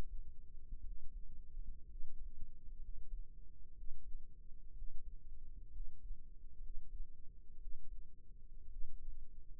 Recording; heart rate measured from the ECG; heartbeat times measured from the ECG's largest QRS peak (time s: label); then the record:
heart sounds by microphone in the right ear; 61 bpm
0.82 s: heartbeat
1.86 s: heartbeat
2.79 s: heartbeat
3.74 s: heartbeat
4.73 s: heartbeat
5.71 s: heartbeat
6.60 s: heartbeat
7.58 s: heartbeat
8.68 s: heartbeat
From the record:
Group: healthy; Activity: rest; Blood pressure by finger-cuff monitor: 101/61 mmHg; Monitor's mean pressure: 74 mmHg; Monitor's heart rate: 61 bpm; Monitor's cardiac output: 5.7 L/min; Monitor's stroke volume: 94 mL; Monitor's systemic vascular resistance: 950 dyn s/cm5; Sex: male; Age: 22 years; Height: 181 cm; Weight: 79 kg